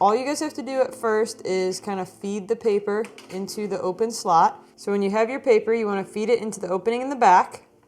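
A sheet of thermal paper is being handled at the rear feed slot of an HPRT MT800 portable thermal printer while someone talks throughout. The clip ends before the printer pulls the paper in, so nothing has seated or clicked yet.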